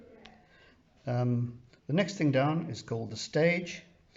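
An objective lens on the revolving nosepiece of a school microscope is turned until it pops into position, and it clicks into place at 0.3 seconds with a short, sharp hit. After that, someone talks.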